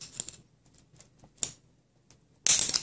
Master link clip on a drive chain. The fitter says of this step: there you go just snapped into place just like that